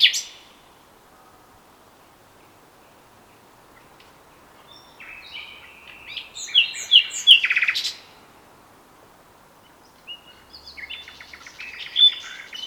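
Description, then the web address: Common nightingale song: a brief note, a long quiet stretch, then a burst of varied sharp notes and chirps, and more notes near the end. "SETE Luscinia megarhynchos"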